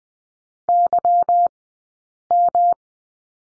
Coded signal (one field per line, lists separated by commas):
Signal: Morse code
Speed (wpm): 19 wpm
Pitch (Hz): 700 Hz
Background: none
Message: Y M